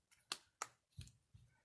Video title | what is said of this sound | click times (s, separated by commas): The rest of Blu grand xl screen replacement | hear clicks that means they're in | 0.3 s, 0.6 s